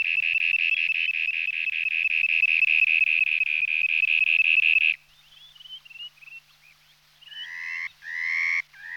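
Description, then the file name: Dunlin, a rapid buzzy trill of evenly pulsed notes held for about five seconds, then scattered thin chirps and a few harsher harmonic calls. "Jespak obecny Calidris alpina"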